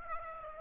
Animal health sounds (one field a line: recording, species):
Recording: mosquito wingbeat signal from an infrared sensor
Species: Aedes aegypti